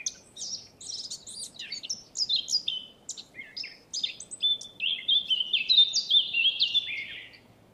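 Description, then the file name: Eurasian blackcap song, rapid scratchy warbling that breaks into a loud, rich, fluty whistled phrase for the final few seconds. "Sylvia atricapilla"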